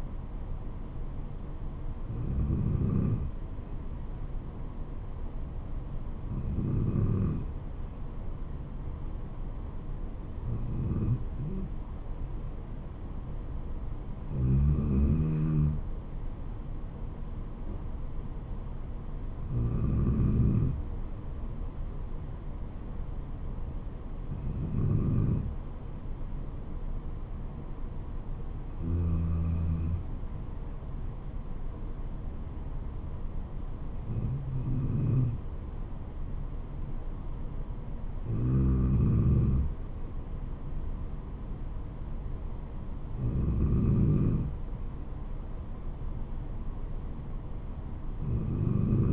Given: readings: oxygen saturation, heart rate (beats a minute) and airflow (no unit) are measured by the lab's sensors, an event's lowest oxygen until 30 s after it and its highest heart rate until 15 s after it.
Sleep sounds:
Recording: breathing in sleep by a smartphone at the bedside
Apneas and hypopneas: none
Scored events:
none scored
From the record:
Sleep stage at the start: N2 (light sleep)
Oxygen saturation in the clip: 92 to 93%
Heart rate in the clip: 63 to 74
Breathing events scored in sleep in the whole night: 426 in 7.4 hours asleep

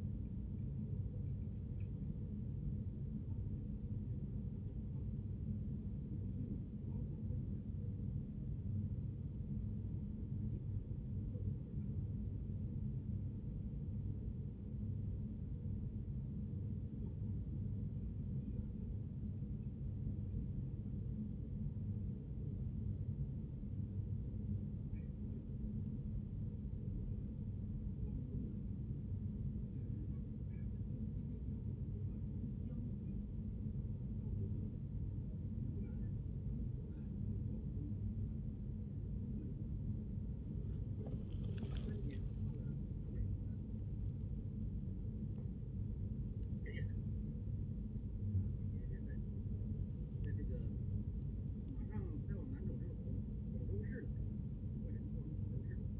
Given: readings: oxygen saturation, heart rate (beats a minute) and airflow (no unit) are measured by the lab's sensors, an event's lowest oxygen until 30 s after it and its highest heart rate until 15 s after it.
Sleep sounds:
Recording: a person awake in a sleep study, by a smartphone at the bedside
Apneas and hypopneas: none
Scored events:
0.00-56.00 s: awake
From the record:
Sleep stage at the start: awake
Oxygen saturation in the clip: 94 to 97%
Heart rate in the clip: 68 to 75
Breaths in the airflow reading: 12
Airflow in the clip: -3.9 to 5.6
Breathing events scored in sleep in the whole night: 131 in 7.2 hours asleep

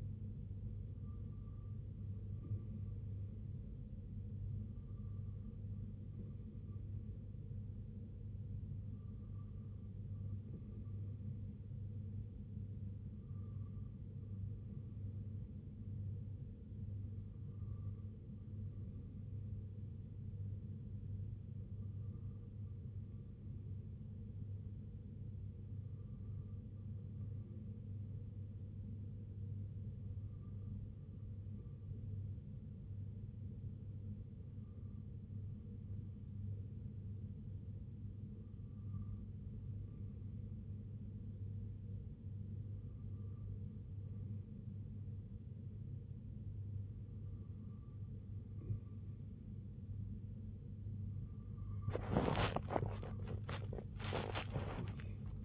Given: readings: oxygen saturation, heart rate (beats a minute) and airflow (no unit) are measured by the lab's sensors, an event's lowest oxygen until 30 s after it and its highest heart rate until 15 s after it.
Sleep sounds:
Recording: breathing in sleep by a smartphone at the bedside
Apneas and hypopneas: none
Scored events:
11.00-41.00 s: new sleep stage, N3 (deep sleep)
41.00-55.44 s: new sleep stage, N2 (light sleep)
From the record:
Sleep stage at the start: N2 (light sleep)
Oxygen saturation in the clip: 92 to 93%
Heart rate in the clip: 64 to 75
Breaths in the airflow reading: 13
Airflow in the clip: -6.4 to 4.7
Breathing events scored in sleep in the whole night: 258 in 7.4 hours asleep

